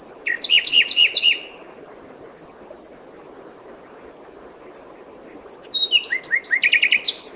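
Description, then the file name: Common nightingale song: two short phrases of rapid repeated notes with high clicks, the first ending after about a second, the second starting near the end, a quiet pause between. "Luscinia megarhynchos"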